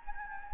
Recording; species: mosquito wingbeat signal from an infrared sensor; Anopheles gambiae